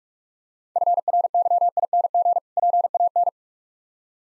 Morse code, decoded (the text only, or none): FRYING PAN